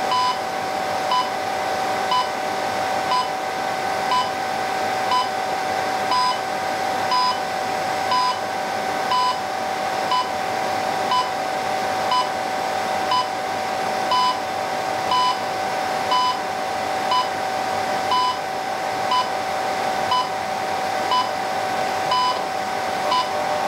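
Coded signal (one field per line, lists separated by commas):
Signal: radio time signal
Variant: DCF77-style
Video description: The beeps come from our modified-DCF77 AM-coded 25 MHz radio transmitter.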